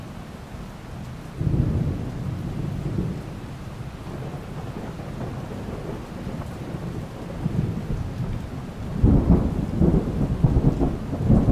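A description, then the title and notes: Deep thunder rolls under steady rain, a low rumble swelling just after one second and lingering for a while before easing. Around nine seconds a heavier rumble surges in with crackling edges and stays loud to the end, over a constant soft hiss of rainfall. Deep Thunderstorm. Thunder & Rain.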